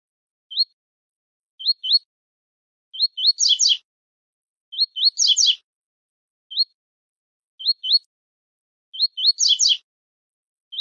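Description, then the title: Double-collared seedeater giving thin rising whistles, singly and in pairs, three times breaking into a dense buzzy trill, against otherwise clean silence. Tui-tui style song used as a tutor recording for teaching young birds. "COLEIRO TUI TUI FIBRA CANTO PROFESSOR"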